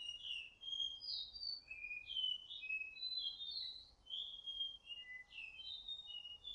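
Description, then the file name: Whistling thrush singing a run of bright whistled notes that slur up and down in short varied phrases over faint background noise. Whistling song used to lure the birds. "suara ciung batu siul untuk memancing"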